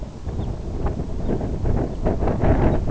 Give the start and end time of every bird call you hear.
[0.29, 0.50] Red Phalarope (Phalaropus fulicarius) (2.5-4.2 kHz)
[1.12, 1.34] Red Phalarope (Phalaropus fulicarius) (3.0-4.1 kHz)
[1.83, 2.01] Red Phalarope (Phalaropus fulicarius) (2.5-4.0 kHz)
[2.63, 2.81] Red Phalarope (Phalaropus fulicarius) (3.1-4.3 kHz)

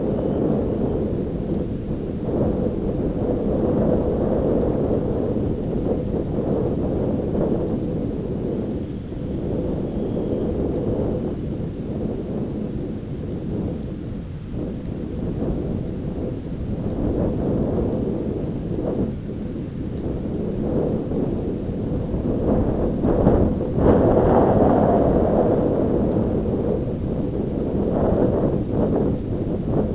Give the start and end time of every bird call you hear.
[0.00, 1.08] Dunlin (Calidris alpina) (2.5-4.0 kHz)
[8.41, 11.79] Dunlin (Calidris alpina) (2.5-4.3 kHz)

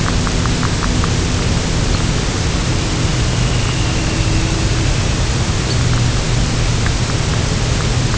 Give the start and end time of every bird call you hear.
[1.90, 1.99] Red Phalarope (Phalaropus fulicarius) (3.9-4.7 kHz)
[2.88, 5.40] Dunlin (Calidris alpina) (2.0-3.4 kHz)
[5.63, 5.78] Red Phalarope (Phalaropus fulicarius) (3.6-4.9 kHz)

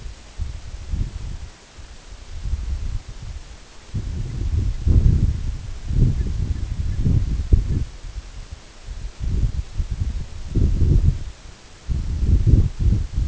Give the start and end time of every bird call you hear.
[4.20, 4.41] Canada Goose (Branta canadensis) (1.3-2.5 kHz)
[4.66, 4.84] Canada Goose (Branta canadensis) (1.3-2.4 kHz)
[6.10, 6.99] Canada Goose (Branta canadensis) (1.1-2.6 kHz)
[7.63, 7.81] Canada Goose (Branta canadensis) (1.2-2.5 kHz)

